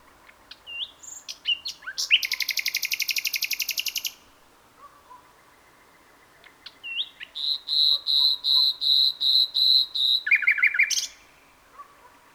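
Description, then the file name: Common nightingale song: a rapid, even burst of repeated notes, a quiet pause, then another long run of pulsing repeated notes ending in a short, lower trill. "Luscinia megarhynchos"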